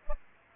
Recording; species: mosquito wingbeat signal from an infrared sensor; Aedes aegypti